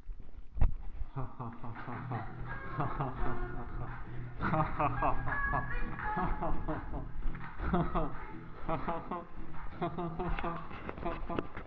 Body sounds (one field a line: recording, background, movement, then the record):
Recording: laughter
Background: music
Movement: walking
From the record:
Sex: male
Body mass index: 23.7 kg/m2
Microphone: on the chest, facing the body